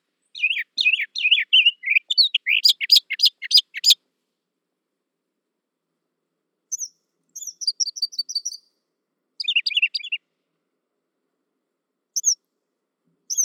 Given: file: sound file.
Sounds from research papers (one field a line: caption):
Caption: Bird A. Mockingbird song material analyzed in this exploratory analysis is from five individual birds.